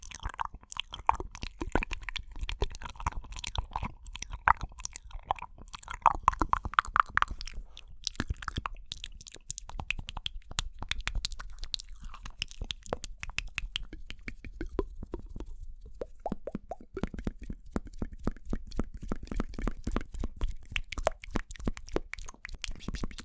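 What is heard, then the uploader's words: Gum chewing with wet, sticky mouth sounds: a dense stream of small clicks, smacks and pops runs for the whole stretch. The pace is quick but uneven, with brief lulls around eight and seventeen seconds before the smacking picks up again. EXTREME Inaudible MOUTH SOUNDS Chewing Gum.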